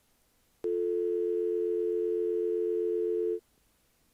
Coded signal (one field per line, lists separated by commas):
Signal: telephone call progress tone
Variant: North America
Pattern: dial tone